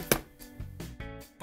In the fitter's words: и первое что мне понравилось это то что он вставляется плотно со щелчком